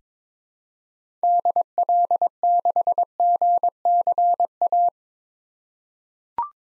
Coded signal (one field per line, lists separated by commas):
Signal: Morse code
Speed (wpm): 22 wpm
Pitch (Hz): 700 Hz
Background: none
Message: DL6GCA